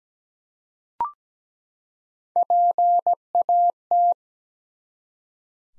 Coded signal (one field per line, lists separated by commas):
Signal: Morse code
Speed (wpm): 17 wpm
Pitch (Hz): 700 Hz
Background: none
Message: PAT